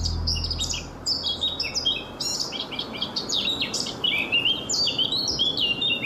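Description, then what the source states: Eurasian blackcap song: rich, fast warbling phrases of varied whistled notes running throughout, over a low rumble that fades out after the first second. Listener recording; a main road audible in the distance but drowned out by the song.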